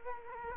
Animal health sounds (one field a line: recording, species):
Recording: mosquito wingbeat signal from an infrared sensor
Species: Culex quinquefasciatus